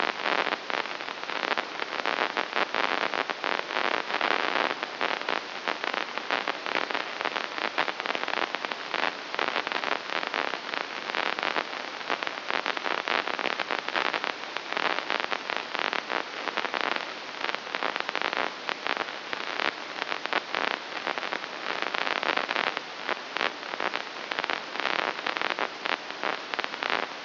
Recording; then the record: brain microelectrode recording played as sound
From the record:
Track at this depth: inside the subthalamic nucleus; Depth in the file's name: 3.602 mm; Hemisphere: right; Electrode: 2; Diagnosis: Parkinson's disease